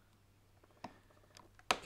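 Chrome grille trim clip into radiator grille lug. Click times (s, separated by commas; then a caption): 1.7 s. A chrome trim piece of a Mercedes AMG Diamond radiator grille is pushed down by its tang so its plastic clip goes under the grille lug. A few faint ticks sound near 0.9, 1.4 and 1.6 seconds, then a sharp, loud click at 1.7 seconds. The clip snaps home under the lug and the trim is seated.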